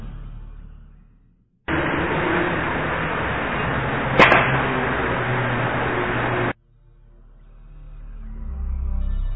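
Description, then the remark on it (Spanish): A single sharp musket shot, captured in an EVP recording at the old town of Belchite in the Zaragoza region of Spain, site of a battle, cracks out midway through a steady wash of hiss and static that starts and stops abruptly, with low rumble before and after. “Una de las psicofonías más características que obtuve allí fue un disparo de un mosquetón, un disparo que desde luego en la realidad no se escuchó.”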